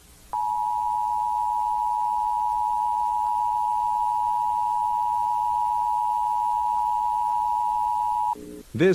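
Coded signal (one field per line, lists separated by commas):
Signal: Emergency Alert System (SAME) tones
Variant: 853 and 960 Hz attention tone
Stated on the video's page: Fictional EAS scenario; simulated emergency alert broadcast, not real.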